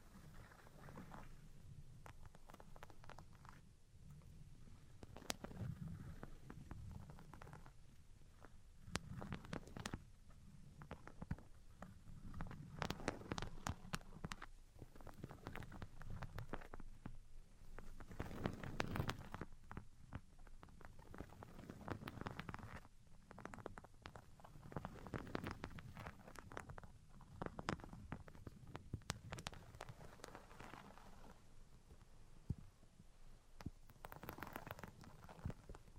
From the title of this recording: Tapping, Scratching, and Tracing Sounds